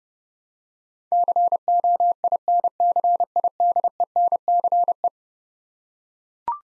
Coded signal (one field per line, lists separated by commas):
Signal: Morse code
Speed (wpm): 30 wpm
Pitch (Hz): 700 Hz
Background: none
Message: COINCIDENCE